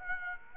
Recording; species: mosquito wingbeat signal from an infrared sensor; Aedes aegypti